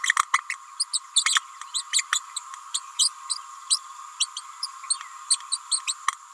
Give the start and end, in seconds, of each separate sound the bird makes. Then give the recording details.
0.03-0.13, 0.33-0.39, 0.49-0.54, 0.79-0.84, 0.93-0.99, 1.25-1.40, 1.74-1.82, 1.92-2.03, 2.12-2.19, 2.36-2.39, 2.74-2.81, 2.98-3.11, 3.69-3.79, 4.20-4.27, 4.36-4.41, 4.62-4.67, 4.90-4.97, 5.30-5.37, 5.52-5.57, 5.71-5.80, 5.87-5.93. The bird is a female. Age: 29 days. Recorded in a nest box in Venezuela. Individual 17B31A3